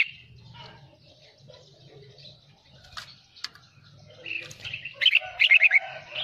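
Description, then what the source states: Red-whiskered bulbul song: scattered soft chirps and clicks building to lively warbled phrases with a bright rapid trill near the end, over a low hum. Wild bird singing in the Vietnamese 'giọng rừng' (forest voice) style.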